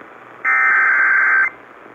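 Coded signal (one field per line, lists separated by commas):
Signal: Emergency Alert System (SAME) tones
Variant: header bursts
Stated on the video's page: EAS tones for tornado, severe thunderstorm and flash flood warnings in North Central Texas, received on a Sangean CL-100 radio.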